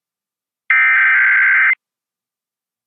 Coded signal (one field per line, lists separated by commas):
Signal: Emergency Alert System (SAME) tones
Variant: header bursts